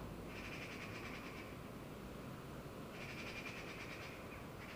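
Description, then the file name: Eurasian magpie giving two bursts of rapid, scratchy rattling notes with a quiet gap between them, set against constant background noise. "Pica pica"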